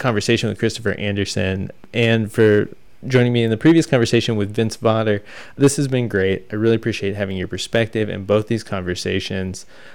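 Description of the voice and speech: A man speaks warmly and fluently at a moderate pace, in a low, steady voice with only brief natural pauses. There are no repetitions, blocks, prolongations or rough voicing, so this is ordinary fluent speech.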